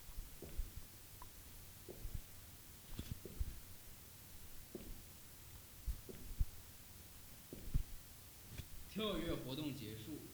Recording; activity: daily activity, guitar pickup as the sensor; jump